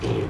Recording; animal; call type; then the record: contact call of a hoofed animal; pig; closed-mouth grunt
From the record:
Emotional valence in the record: positive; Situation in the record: food and toys in familiar pen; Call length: 0.30 s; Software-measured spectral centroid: 1840 Hz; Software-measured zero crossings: 1090 a second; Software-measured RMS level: -25 dBFS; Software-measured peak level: -11 dBFS